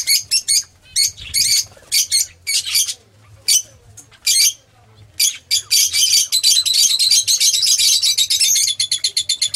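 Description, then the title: Oriental magpie-robin singing, first separate sharp high notes, then a rapid, continuous run of chattering twitters. "Kicau Kacer Durasi Panjang"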